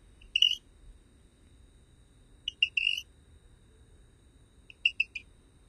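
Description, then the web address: Rio Grande chirping frog giving short high chirps in three brief clusters, each a quick run of a few sharp notes, separated by quiet pauses. North America. "Songs of Frogs Toads of North America. Rio Grande Chirping Frog"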